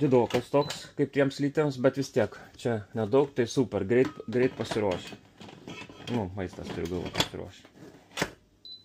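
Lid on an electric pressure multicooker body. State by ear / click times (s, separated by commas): seated / 8.6 s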